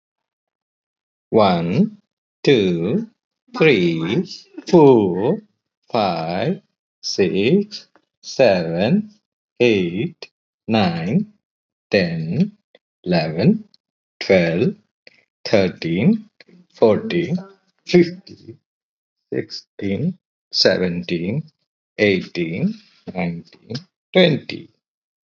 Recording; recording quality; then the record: counting at a normal pace; excellent, no background noise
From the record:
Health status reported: healthy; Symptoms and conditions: fatigue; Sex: male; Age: 39 years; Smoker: not ticked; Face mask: not worn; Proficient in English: yes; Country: India